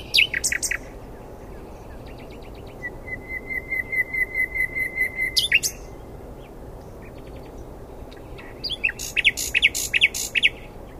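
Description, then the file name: Common nightingale song: loud chirps, a long run of even repeated pulsing notes, then a burst of sharp varied whistles and rattles after a pause. "Luscinia megarhynchos"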